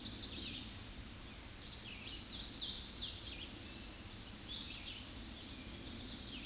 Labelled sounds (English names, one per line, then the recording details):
Hooded Warbler song
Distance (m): 45 m
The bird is about 10 m above the microphone
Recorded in a Pennsylvania forest on 16 May 2024 at 07:51
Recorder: AudioMoth, point MSD-2456
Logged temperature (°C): 16.4 °C
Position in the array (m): 153 m, 111 m